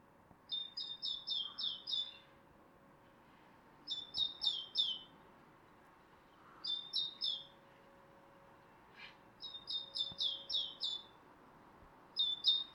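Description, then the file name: Great tit calls in repeated bursts of three to six high, sharp notes every few seconds, over a low steady hum. "Parus major"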